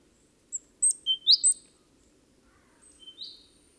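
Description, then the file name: Great tit calls: a quick run of four or five bright, high chirps, then a softer slurred note after a pause. "Parus major"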